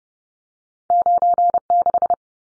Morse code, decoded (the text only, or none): 96